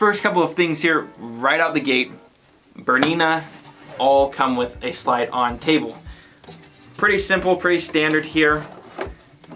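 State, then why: Seated. A plastic slide-on extension table is slid onto the free arm of a BERNINA B480 sewing machine while someone talks. Two short clicks are heard at 9.0 s and 9.4 s as the table latches and seats into place.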